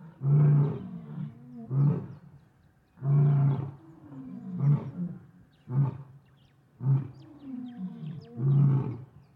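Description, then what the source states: Lion roars: seven loud, deep, rasping bursts, some long and some short, with pauses between them. In the savannah.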